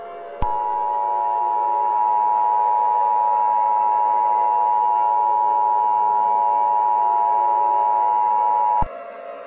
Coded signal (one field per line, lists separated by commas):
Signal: Emergency Alert System (SAME) tones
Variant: 853 and 960 Hz attention tone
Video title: Mickey Error XII: The Return of Mickey Error: The Worst in History! -EAS Scenario (#57)